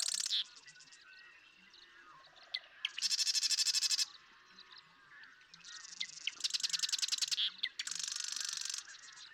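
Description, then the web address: Marsh Wren song: repeated dry, fast rattling trills about a second long, separated by quieter chattering and faint lower calls in the background. "birdsongforthecurious Marsh Wren"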